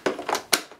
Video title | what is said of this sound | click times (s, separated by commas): Sebo K1 Eco Cylinder Vacuum Cleaner Unboxing & First Look | your hose inlet just a push fit locks | 0.5 s